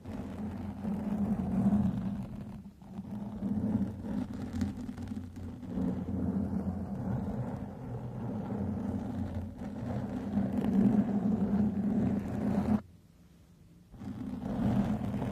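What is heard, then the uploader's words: Microphone brushing and stroking makes a dense, low rumbling rub that runs nearly continuously, with a brief dip near 3 seconds and a full silence around 13–14 seconds. MICROPHONE BRUSHING, SCRATHCHING & STROKING.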